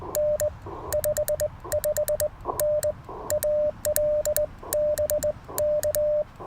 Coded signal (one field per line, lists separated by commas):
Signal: Morse code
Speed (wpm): 21 wpm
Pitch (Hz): 590 Hz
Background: none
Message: N 55N AL BK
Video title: Morning Morse Code - 12/18/2024